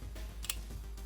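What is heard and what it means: A weaker magnet is attached to a metal ruler and seats with only a quiet, faint contact click at about 0.5 s, heard as two close ticks. The click is not very loud, and steady background noise surrounds it.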